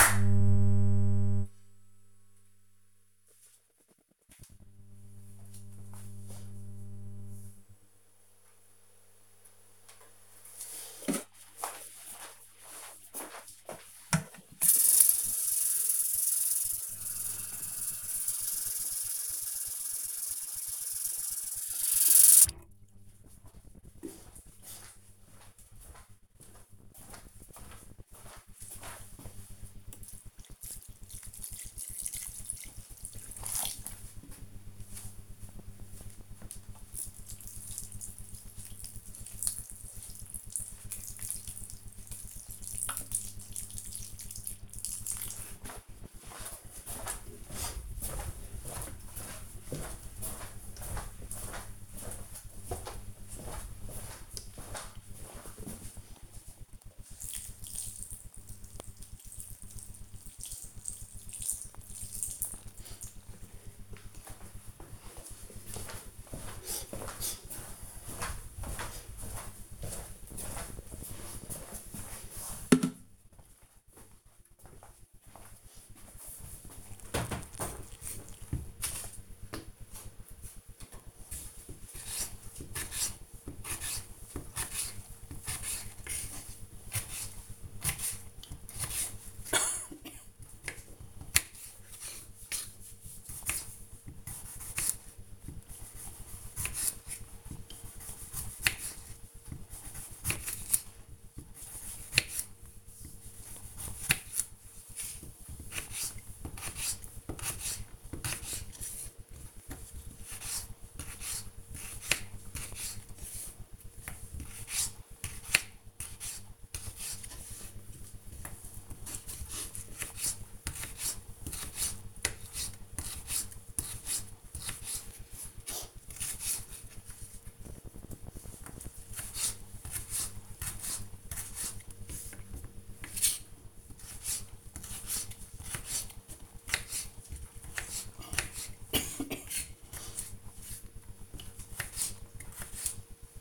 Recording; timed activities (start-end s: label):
household activities, microphone on the right wrist
9.51-63.88 s: watering plant
79.99-143.41 s: cutting vegetables